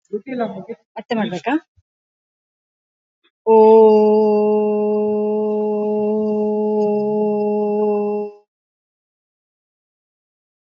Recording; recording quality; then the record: sustained vowel as in boot; moderate, slight background noise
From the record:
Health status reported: COVID-19 positive, mild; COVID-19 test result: positive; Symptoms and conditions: cough, cold, fever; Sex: female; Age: 34 years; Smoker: not ticked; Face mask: not worn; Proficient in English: yes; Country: India